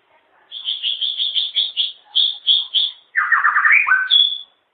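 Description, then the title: White-rumped shama song: a fast run of repeated high notes, then a rich warbled phrase ending in a clear high whistle. "kicau murai batu"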